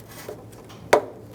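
The red locating tab of a new rubber door weatherstrip seal is pushed into its hole in the door frame of a 1997–2006 Jeep Wrangler. After a faint tap near 0.3 s, one sharp click at 0.9 s shows the tab seating in the hole.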